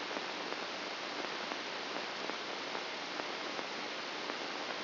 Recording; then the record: brain microelectrode recording played as sound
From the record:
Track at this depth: inside the subthalamic nucleus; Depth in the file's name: 1.227 mm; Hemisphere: left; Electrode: 2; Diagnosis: Parkinson's disease